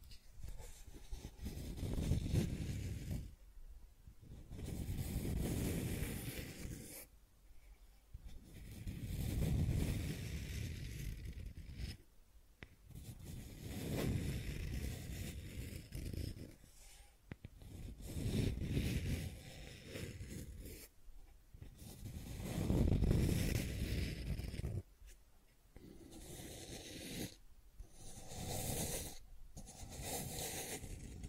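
Scratching and tracing sounds come in long rasping strokes, each lasting a few seconds and separated by short silent gaps. The strokes are rough and full, heavy in the low end with a hissy top, swelling and fading as they go, with quicker scrapes near the end.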